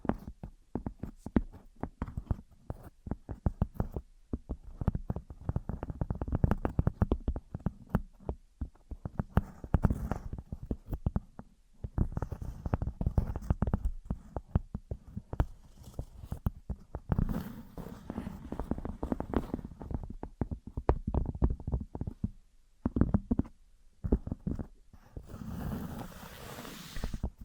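Objects of wood, cork, sponge, foam, glass and plastic are handled and knocked together in a busy run of short taps, clicks and soft thuds. The hits come densely and irregularly, mostly dull and low, with brighter scraping bursts around 17 and 25 seconds and brief pauses between.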